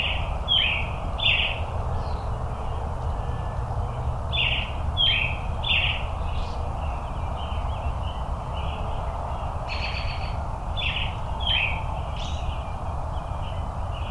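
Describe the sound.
Robin singing in quick bursts of two or three clear warbled notes, pausing briefly between groups, over a steady low-pitched background hum.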